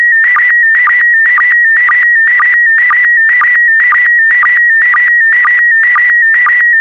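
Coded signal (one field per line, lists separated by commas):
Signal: SSTV (slow-scan television)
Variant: PD120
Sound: steady warbling tone near 1.9 kHz with a rhythmic blip about twice per second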